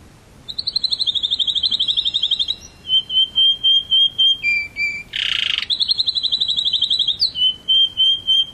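Canary song with long fast trills, steady whistled notes, a harsh buzzy burst midway, then more rapid trills and whistles.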